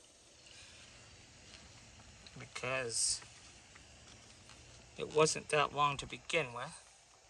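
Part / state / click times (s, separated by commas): LED neon flex diffuser into mounting channel / not seated / none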